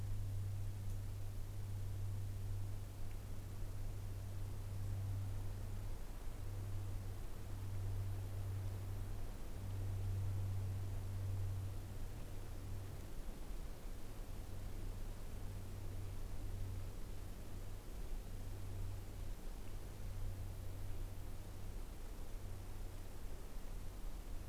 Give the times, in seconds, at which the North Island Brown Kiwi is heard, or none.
none